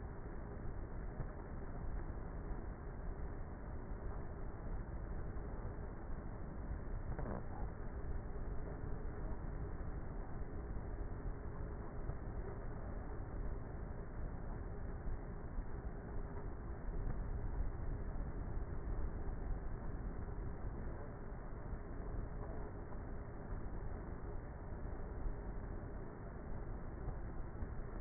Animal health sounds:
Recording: honeybee colony, microphone inside the hive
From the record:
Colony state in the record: queenless with a low population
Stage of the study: before two queens were removed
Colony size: about 30,000 bees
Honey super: no

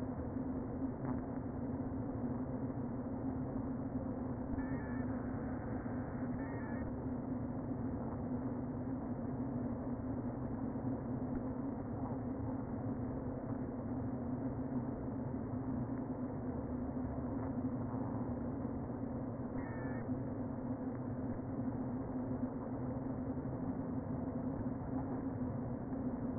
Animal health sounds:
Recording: honeybee colony, microphone inside the hive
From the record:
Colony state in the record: queen present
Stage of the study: before two queens were removed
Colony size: about 60,000 bees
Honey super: yes

